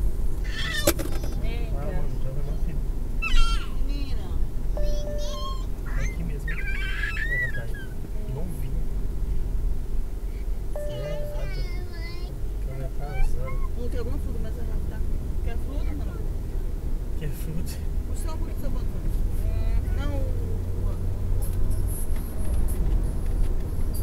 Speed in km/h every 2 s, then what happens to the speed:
54, 48, 45, 44, 42, 38, 40, 45, 50, 56, 61, 66.
0-11 slows to 38. 11-24 speeds up to 66.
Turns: none.